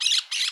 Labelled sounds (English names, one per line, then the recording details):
Brown-throated Parakeet contact call
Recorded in Curacao
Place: Hoffi Jan Thiel
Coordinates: 12.094, -68.877